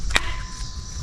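A new VVT solenoid with an oiled O-ring is pushed into the engine head bore on a 2009–2013 Toyota Corolla. A sharp pop at 0.2 s marks it seating, followed by a low steady hum with faint rustling. The solenoid is seated in its bore.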